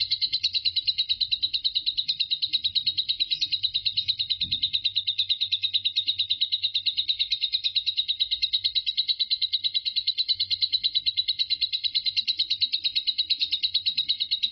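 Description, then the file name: Lovebird chattering song, a long unbroken run of rapid, high, buzzy pulses at a steady pace, continuing without pause for the whole stretch; faint low rumble beneath. Lovebird named Marco singing ngekek; the ngekek lasted 5 minutes 25 seconds. "suara burung lovebird Marco durasi ngekek 5 menit 25 detik"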